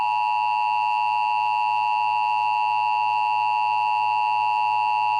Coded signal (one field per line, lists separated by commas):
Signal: Emergency Alert System (SAME) tones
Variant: 853 and 960 Hz attention tone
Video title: EAS #348-351: 1 NWR and 3 EAS Required Monthly Tests- Oct. 17, 2019- 10:17AM PDT